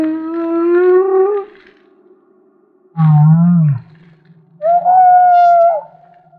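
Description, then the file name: Humpback whale song units: a slowly rising harmonic moan, a low rough grunt, then a higher tonal cry, separated by short silences. Maui. "Humpback Whale - Maui Whale One"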